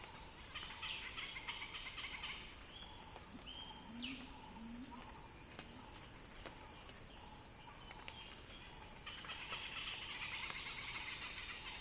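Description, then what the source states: Cicada song, a constant high buzz, with bursts of bird-like chattering calls early and late and a few low chirps. Described as a cicada crescendo; recorded by Axel Drioli.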